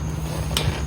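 A 3/8 inch click-type torque wrench set to 18 ft-lb is pulled on the oil drain bolt of a small 2016 Honda CRF50 dirt bike engine, over a steady low hum. A sharp metallic click sounds at 0.6 s, confirming the bolt has reached the set torque.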